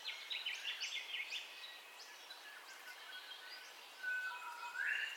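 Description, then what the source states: Birds: bird chorus opening with a jumbled rapid warble, then clear level whistles and a loud rising call near the end, with other faint chirps around. Dawn ambience of bird calls, recorded in stereo.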